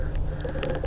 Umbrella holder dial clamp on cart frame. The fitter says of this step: just do another half click on there lock it into place